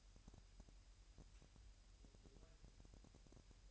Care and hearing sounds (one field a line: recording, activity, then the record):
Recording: daily activity, microphone in the room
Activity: take from stove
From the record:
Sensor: 2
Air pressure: 1001.8 hPa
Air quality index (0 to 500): 242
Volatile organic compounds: 32 ppm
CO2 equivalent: 3006 ppm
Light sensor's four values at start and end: 5/11/4/4 and 5/11/4/4